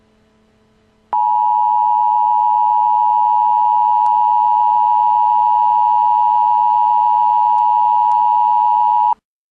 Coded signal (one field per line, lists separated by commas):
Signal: Emergency Alert System (SAME) tones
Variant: 853 and 960 Hz attention tone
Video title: Emergency alert system code: breakout